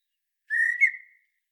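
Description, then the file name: Common blackbird uttering a brief clear whistled note that lifts slightly, with a tiny flick at the end, in quiet surroundings. "Turdus merula"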